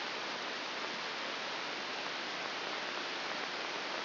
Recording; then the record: brain microelectrode recording played as sound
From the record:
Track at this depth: inside the subthalamic nucleus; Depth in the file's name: 5.401 mm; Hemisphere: right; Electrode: 3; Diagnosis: Parkinson's disease